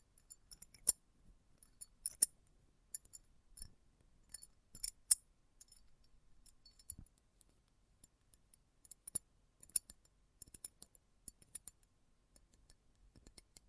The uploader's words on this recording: ASMR Close Up Metallic Sounds (No Talking).